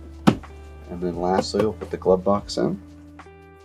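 A plastic under-dash trim panel on a 2010–2013 Infiniti G37 is lined up and pushed up into the dashboard so its three clips go in. A sharp click at 0.3 s marks the clips seating, followed by someone talking over a steady low hum and a faint tone. The panel is seated.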